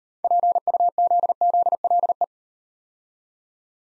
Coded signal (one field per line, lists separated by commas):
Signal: Morse code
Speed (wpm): 38 wpm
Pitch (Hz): 700 Hz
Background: none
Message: PUZZLE